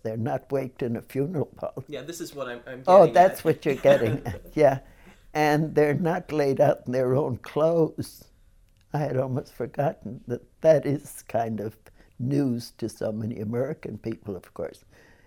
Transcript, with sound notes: They're not waked in a funeral parlor.
Yeah, this is what I'm, I'm getting at.
Oh, that's what you're getting at. (they laugh) Yeah. And they're not laid out in their own clothes. I had almost forgotten that that is kind of news to so many American people, of course.